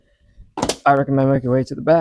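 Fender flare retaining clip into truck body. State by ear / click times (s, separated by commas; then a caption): not seated / none. A plastic TRD Pro fender flare is handled on a 3rd-generation Toyota Tundra, pressed onto the truck body from front to back so its retaining clips will snap in. Brief handling noises sound around 0.6–0.7 s, and then someone talks. Nothing has seated or clicked yet.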